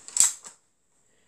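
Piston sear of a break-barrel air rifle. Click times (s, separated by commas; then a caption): 0.2 s. The barrel of a Crosman Diamondback Nitro Piston Elite break-barrel air rifle is pulled down until the piston sear catches. A short metallic scrape leads into a sharp click at 0.2 s, then a softer tick near 0.5 s, followed by silence. The rifle is cocked and primed.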